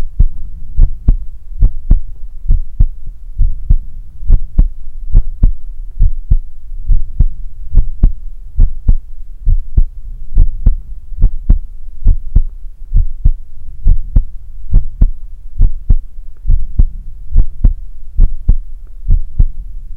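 Steady, soft low thumps repeat at about 69 beats a minute with an even rhythm, over a faint low hum. This is an ordinary resting adult heartbeat with no extra sounds standing out.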